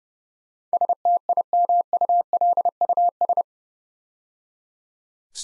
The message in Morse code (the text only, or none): STIMULUS